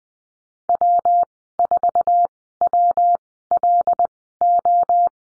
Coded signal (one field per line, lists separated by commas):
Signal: Morse code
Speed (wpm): 21 wpm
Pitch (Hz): 700 Hz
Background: none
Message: W4WLO